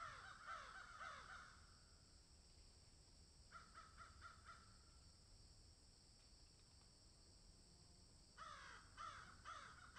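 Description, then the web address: Crow cawing in three separate groups: a loud rasping run at first, a fainter quick burst, then renewed harsh caws near the end. "ворона"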